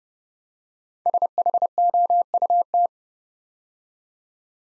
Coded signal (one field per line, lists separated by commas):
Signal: Morse code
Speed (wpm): 30 wpm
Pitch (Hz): 700 Hz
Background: none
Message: SHOUT